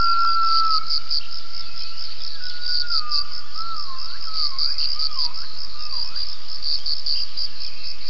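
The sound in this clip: Gibbon calling with a long steady whistled tone, then a run of looping, sliding notes that dip and rise, over a constant high buzzing chorus of insects.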